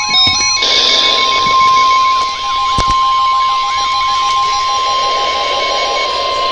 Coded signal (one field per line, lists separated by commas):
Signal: Emergency Alert System (SAME) tones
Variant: 1050 Hz attention tone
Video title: Severe Thunderstorm Warning (EAS #252)